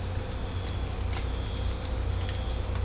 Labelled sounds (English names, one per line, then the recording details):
none
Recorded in secondary vegetation near Puerto Asís, Putumayo, Colombia, on 18 December 2024 at 03:30
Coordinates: 0.502, -76.326
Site G028